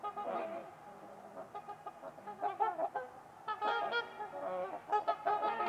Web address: Trumpeter Swans on a Winter's Eve. Nick-Mc Mahan Winters-Lake-with-Swan. Wind Is the Original Radio